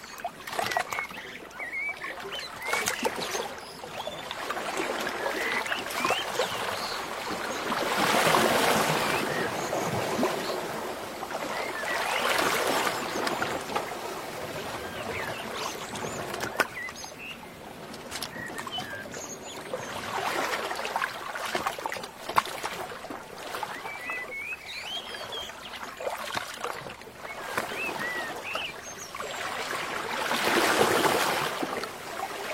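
A river flows steadily, its wash rising into louder surges around 8, 12, 20 and 31 seconds. Small bright chirps of birds dot the mid and upper range throughout, with a few faint clicks and knocks.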